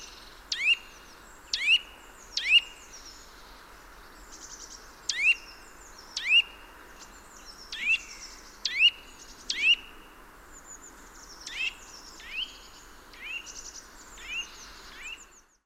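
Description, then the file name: Eurasian nuthatch calls: a long series of sharp high notes, the later ones softer. "Sitta europaea"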